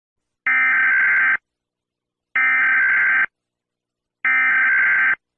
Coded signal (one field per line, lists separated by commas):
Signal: Emergency Alert System (SAME) tones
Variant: header bursts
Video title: EAS Scenario in America (Nuclear War)